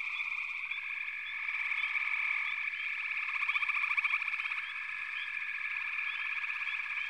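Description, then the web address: Frogs calling together in a steady high trilling wall, with a louder pulsed burst near the middle and many brief upslurred chirps. Frog chorus. "Natures Songs Sleep Sounds of Nature FROGS Frog Chorus"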